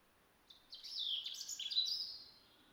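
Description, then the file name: European robin song: one intricate phrase of high, twittering and sliding notes, building then fading over about two seconds, against quiet hiss. "Erithacus rubecula"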